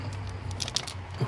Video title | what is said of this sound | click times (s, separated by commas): Putting the Ba Xt coil covers and intake back together (1440p) | clicks it's good so on all right once | 0.6 s, 0.8 s